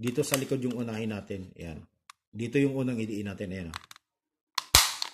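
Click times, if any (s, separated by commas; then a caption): 4.6 s. Someone talks while pressing the back end of a plastic cover down first onto a Panasonic personal hair styler housing. A sharp snap comes at 4.6 s, followed immediately by a louder crack, and the cover is seated and locked.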